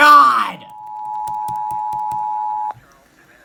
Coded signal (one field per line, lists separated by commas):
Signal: Emergency Alert System (SAME) tones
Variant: 853 and 960 Hz attention tone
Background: speech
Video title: EAS 115 FLOOD WARNING IN CHARLESTON